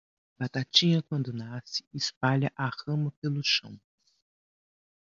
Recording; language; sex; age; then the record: short text; Brazilian Portuguese; female; 50 to 59 years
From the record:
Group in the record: control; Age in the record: 52 years